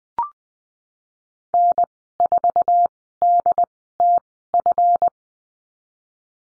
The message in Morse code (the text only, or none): N4DTF